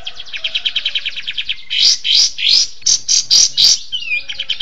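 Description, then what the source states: Bird song mixing quick, high chirps with louder, harsher bursts and a short whistled slur, then more quick chirps near the end. Masteran recording, played to train songbirds.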